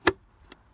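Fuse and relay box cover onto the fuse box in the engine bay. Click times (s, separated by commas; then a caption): 0.1 s. The plastic cover of the under-hood fuse and relay box in the engine bay of a Dodge Ram Laramie Longhorn is pressed closed onto the box until it latches, giving a sharp, loud click at 0.1 s. A much fainter tap follows at 0.5 s. The cover is seated and snapped shut so dust and water stay out.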